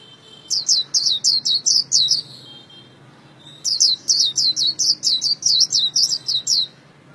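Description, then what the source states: White-eye song: two bursts of rapid, high sweeping chirps, the second longer, separated by a short pause. Vietnamese song style called khuyên líu.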